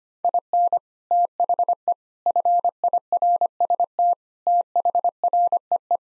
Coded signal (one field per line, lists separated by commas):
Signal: Morse code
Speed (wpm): 25 wpm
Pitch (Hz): 700 Hz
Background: none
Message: IN THE FIRST THREE